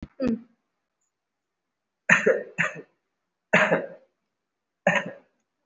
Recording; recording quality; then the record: shallow voluntary cough; excellent, no background noise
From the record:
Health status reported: recovered from COVID-19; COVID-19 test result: positive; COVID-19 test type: RT-PCR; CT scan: not taken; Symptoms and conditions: cough, cold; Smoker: no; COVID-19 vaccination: one dose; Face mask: worn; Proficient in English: yes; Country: India